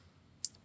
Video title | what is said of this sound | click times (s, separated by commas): Elevate Your Ride: Front Brake Makeover for 2005-2010 VW Passat! | You're going to hear a click. | 0.4 s